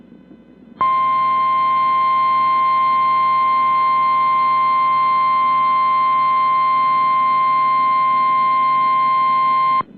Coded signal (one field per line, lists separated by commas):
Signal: Emergency Alert System (SAME) tones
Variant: 1050 Hz attention tone